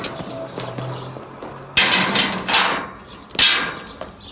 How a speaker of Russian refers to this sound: Следственный изолятор. Здание огорожено решетчатым забором. С территории выехала милицейская машина. Сотрудник милиции закрывает ворота.